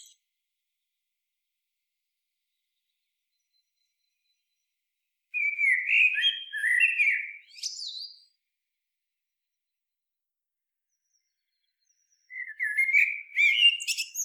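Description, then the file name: Eurasian blackbird song: two melodious warbled phrases ending in thin high chatter, with a long quiet gap between them. "Turdus merula"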